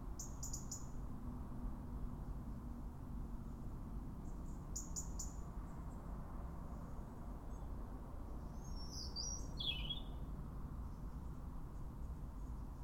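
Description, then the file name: European robin giving a brief high, wavering phrase near the end, with a few faint high ticks earlier and a constant low hum throughout. "Erithacus rubecula"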